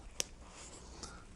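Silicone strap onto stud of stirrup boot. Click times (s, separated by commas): 0.2 s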